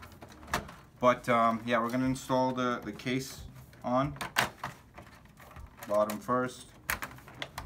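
Someone talks while the plastic case panel of a PS4 Slim is fitted onto the console chassis bottom first, with sharp handling knocks around 0.5, 4.4 and 6.9 s. The panel is only being handled and has not gone home; nothing has seated or clicked yet.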